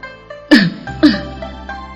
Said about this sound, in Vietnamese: Gia Ảnh cười cười, ho khan một tiếng.